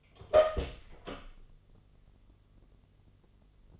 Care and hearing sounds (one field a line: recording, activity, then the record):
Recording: daily activity, microphone in the room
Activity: open door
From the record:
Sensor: 4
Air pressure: 1016.1 hPa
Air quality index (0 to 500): 209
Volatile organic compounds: 13 ppm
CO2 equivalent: 2390 ppm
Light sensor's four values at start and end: 9/20/8/7 and 9/20/8/8